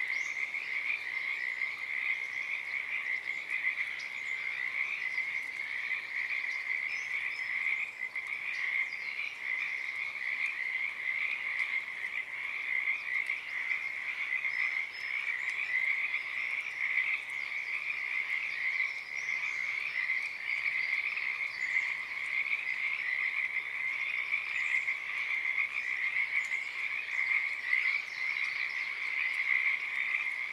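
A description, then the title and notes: A dense chorus of Pacific tree frogs calls without pause for the whole half minute, countless overlapping croaks merging into one steady, bright trill. Loudness stays even throughout, with no clear breaks, and only a faint low rumble beneath. A field recording captured this very morning. Oaks Bottom Wildlife Refuge, Portland, Oregon USA. The chorus of the Pacific Tree Frog starting and stopping.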